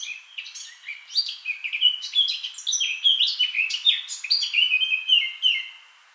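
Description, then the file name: Eurasian blackcap warbling steadily, with scratchy notes mixed with bright whistled slurs. "Sylvia atricapilla"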